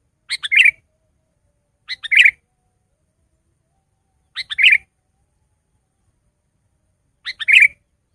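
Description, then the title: Sooty-headed bulbul song: four brief bubbly phrases, each opening with a couple of quick notes, spaced a few seconds apart. "kutilang"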